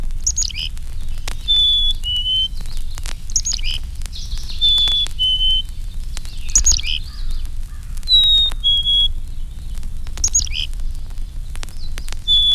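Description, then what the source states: Black-capped Chickadee singing clear whistled two-note phrases, high then slightly lower, repeated several times, while another bird gives short bursts of chirps and twitters between them. Notes lower pitched than those of the Carolina Chickadee; one black-cap often answers another in a different key.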